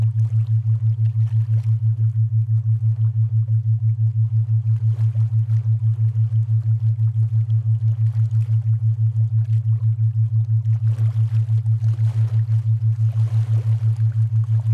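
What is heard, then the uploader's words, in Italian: A binaural theta-wave tone at 6 Hz: a steady, low hum that throbs in a fast, even pulse from start to finish. Behind it, faint soft washes of water trickle and splash irregularly, thickening a little toward the end. Suoni Binaurali Onde Theta a 6Hz.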